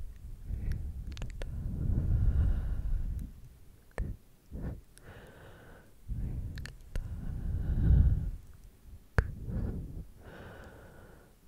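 Slow brushing against a microphone, heard as soft low rubbing swells that rise and fade every second or two, the loudest near two and eight seconds. Sharp little clicks and taps cut in between the strokes, around one, four, seven and nine seconds.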